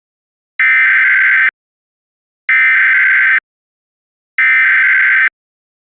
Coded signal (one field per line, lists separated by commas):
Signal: Emergency Alert System (SAME) tones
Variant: header bursts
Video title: The Sanctuary - An EAS Scenario/Audio Drama